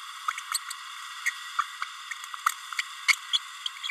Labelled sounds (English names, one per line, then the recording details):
Green-rumped Parrotlet babbling
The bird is a female
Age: 30 days
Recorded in a nest box in Venezuela
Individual 17B32A7